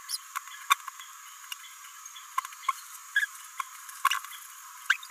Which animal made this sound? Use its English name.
Green-rumped Parrotlet